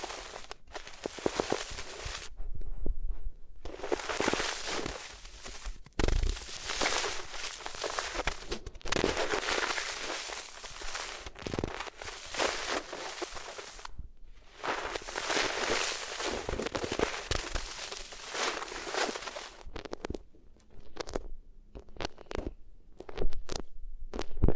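Rubbing on different materials makes bursts of bright, hissy scraping in long sweeps, broken by short quiet gaps and occasional sharp taps and crackles.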